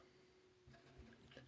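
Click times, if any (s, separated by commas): none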